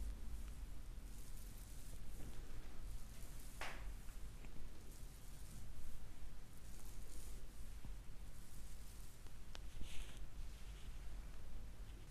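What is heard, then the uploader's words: A neck, back, head and scalp massage with soft rubbing and rustling that continues steadily throughout. A brighter brushing stroke stands out near four seconds and another around ten seconds, over a constant low hum in the background. ASMR female neck, back, head and scalp massage for deep sleep.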